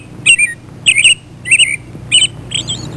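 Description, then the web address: Bird giving harsh, squawky high calls, about five short notes spaced roughly every half second, over a low steady hum. "Soundsation. Animals Birds"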